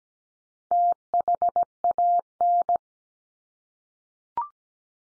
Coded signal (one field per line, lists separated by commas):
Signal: Morse code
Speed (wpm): 17 wpm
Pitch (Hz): 700 Hz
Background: none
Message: THAN